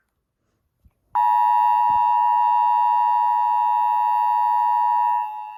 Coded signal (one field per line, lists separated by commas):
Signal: Emergency Alert System (SAME) tones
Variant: 853 and 960 Hz attention tone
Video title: Tornado Warning on WDFA (EAS 79)